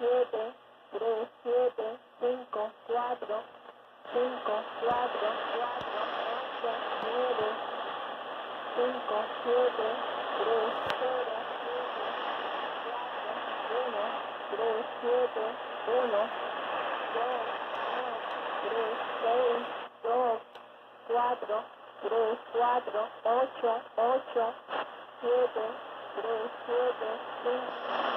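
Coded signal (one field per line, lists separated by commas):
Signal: numbers station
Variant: Cuban, Spanish voice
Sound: a distorted voice over shortwave reads short, evenly spaced words through hiss and fading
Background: radio static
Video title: Cuban Numbers Station at 16.180 MHz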